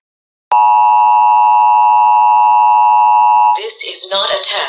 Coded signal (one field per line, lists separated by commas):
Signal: Emergency Alert System (SAME) tones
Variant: 853 and 960 Hz attention tone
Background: speech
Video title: The Purge Emergency Broadcast | EAS